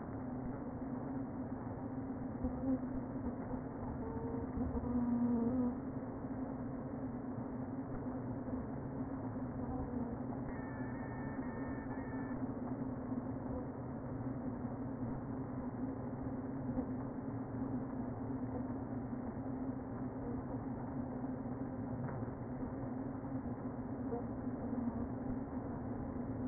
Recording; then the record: honeybee colony, microphone inside the hive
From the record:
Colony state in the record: queen present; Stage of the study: before two queens were removed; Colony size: about 60,000 bees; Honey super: yes